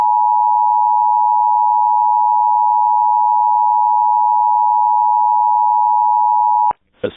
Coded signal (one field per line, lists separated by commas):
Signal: Emergency Alert System (SAME) tones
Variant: 853 and 960 Hz attention tone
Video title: [RARE] EAS Blue Alerts For All Of Texas!